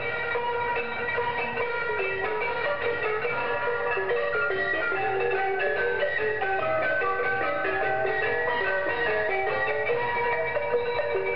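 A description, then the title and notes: Khmer xylophone music plays over shortwave radio, a busy stream of quick, bright struck notes running steadily without pause. The sound is thin and boxy, cut off above the upper middle range, with a faint hiss and murmur underneath throughout. Instrumental music (roneat - Khmer xylophone) heard on shortwave radio near Siem Reap, Cambodia.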